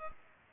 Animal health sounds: mosquito wingbeat signal from an infrared sensor; Culex pipiens

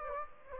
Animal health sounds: mosquito wingbeat signal from an infrared sensor; Anopheles gambiae

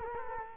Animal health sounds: mosquito wingbeat signal from an infrared sensor; Culex quinquefasciatus

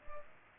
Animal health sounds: mosquito wingbeat signal from an infrared sensor; Culex quinquefasciatus

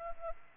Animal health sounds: mosquito wingbeat signal from an infrared sensor; Culex pipiens

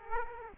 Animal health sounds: mosquito wingbeat signal from an infrared sensor; Culex quinquefasciatus

